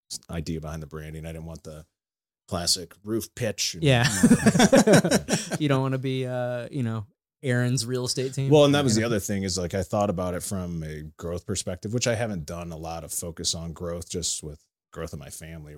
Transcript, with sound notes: idea behind the branding, I didn't want the classic roof pitch.
Yeah. (laughing)
You don't want to be, you know, Erin's real estate team.
Well, and that was the other thing is like, I thought about it from a growth perspective, which I haven't done a lot of focus on growth, just with growth in my family, right?